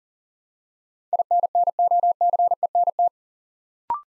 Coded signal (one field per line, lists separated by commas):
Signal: Morse code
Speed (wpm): 38 wpm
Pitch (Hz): 700 Hz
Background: none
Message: INNOCENT